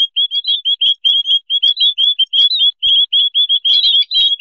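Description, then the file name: White-headed munia producing steady, evenly spaced high chirps, several per second, with one or two soft low knocks. "beyaz basli mannikin otusu serinofil"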